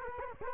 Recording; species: mosquito wingbeat signal from an infrared sensor; Culex quinquefasciatus